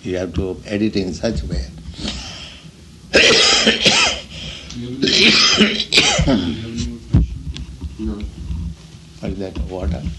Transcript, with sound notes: You have to edit in such a way. [coughs] Where is that water?